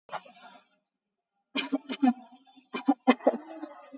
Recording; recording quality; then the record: shallow voluntary cough; excellent, no background noise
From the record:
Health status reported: COVID-19 positive, mild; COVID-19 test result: positive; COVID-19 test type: RT-PCR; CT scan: taken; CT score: 0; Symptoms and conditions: fatigue, another condition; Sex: female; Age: 35 years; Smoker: no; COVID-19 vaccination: one dose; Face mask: worn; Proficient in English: yes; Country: India